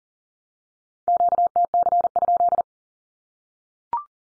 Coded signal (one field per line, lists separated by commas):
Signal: Morse code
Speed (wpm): 40 wpm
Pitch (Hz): 700 Hz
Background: none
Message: QTC?